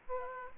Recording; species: mosquito wingbeat signal from an infrared sensor; Aedes aegypti